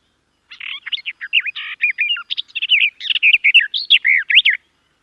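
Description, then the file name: Garden warbler song, a sustained babbling warble of fast, varied notes for about four seconds on a clean background. "Canto do felosa das figueiras"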